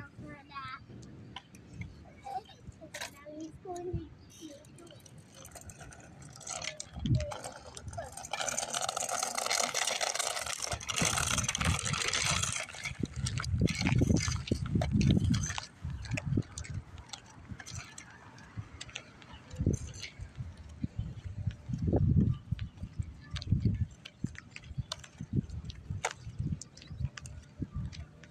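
A car drives by, its rushing hiss swelling from about eight seconds and fading after thirteen. Throughout, a bike clatters against the pavement with irregular clicks and ticks, and heavier low thumps and bumps cluster in the second half.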